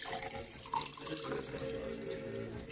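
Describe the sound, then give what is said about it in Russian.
Water is poured steadily into a vessel, a continuous splashing, gurgling stream that runs for about three seconds at a moderate, even level with no voices. “Наливаем.”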